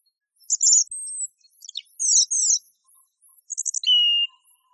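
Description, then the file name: Song thrush singing varied high phrases, whistled notes, doubled chattering figures and a falling whistle, each phrase separated by short pauses. Recording used as masteran tutor for training songbirds. "suara masteran songthrush"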